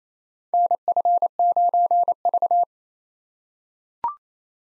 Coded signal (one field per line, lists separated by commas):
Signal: Morse code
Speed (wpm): 28 wpm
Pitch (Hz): 700 Hz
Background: none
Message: NF9V